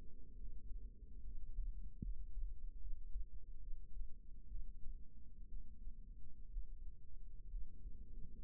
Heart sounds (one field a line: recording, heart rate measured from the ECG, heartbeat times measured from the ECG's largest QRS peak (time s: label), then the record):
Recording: heart sounds by microphone in the right ear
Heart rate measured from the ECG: 67 bpm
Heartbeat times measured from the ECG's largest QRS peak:
0.36 s: heartbeat
1.22 s: heartbeat
2.00 s: heartbeat
2.78 s: heartbeat
3.58 s: heartbeat
4.47 s: heartbeat
5.48 s: heartbeat
6.49 s: heartbeat
7.48 s: heartbeat
8.43 s: heartbeat
From the record:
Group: healthy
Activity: rest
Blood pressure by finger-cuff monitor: 142/65 mmHg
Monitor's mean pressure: 90 mmHg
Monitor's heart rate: 64 bpm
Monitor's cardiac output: 6.7 L/min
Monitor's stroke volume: 105 mL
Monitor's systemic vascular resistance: 960 dyn s/cm5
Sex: female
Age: 37 years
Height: 168 cm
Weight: 70 kg